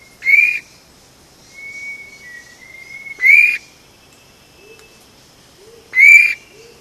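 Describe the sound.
Vogelkop bowerbird giving three loud upslurred ringing calls about three seconds apart, with thin long whistles between them.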